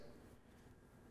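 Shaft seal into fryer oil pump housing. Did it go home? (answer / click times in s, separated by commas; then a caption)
no / none. A pump shaft seal is pushed down into the oil pump housing of a Henny Penny fryer with the ball end of a screwdriver. Only a low, steady handling rumble is heard, with no sharp sounds. Nothing has seated or clicked yet.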